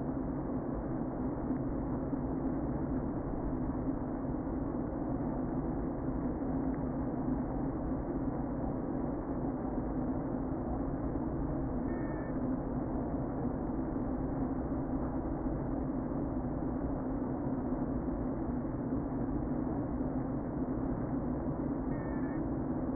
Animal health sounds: honeybee colony, microphone inside the hive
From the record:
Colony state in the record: queen present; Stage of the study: before two queens were removed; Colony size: about 60,000 bees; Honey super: yes

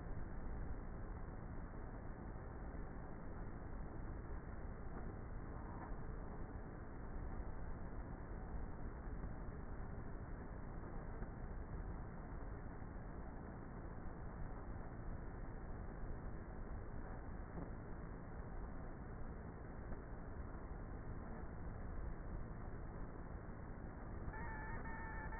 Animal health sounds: honeybee colony, microphone inside the hive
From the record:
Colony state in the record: queenless with a low population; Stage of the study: before two queens were removed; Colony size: about 30,000 bees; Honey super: no

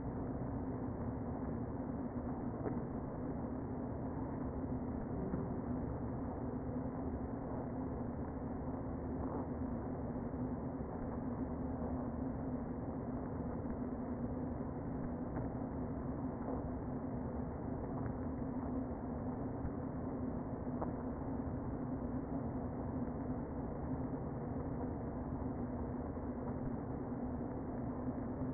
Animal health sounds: honeybee colony, microphone inside the hive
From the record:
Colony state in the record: queen present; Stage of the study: before two queens were removed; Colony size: about 60,000 bees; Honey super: yes

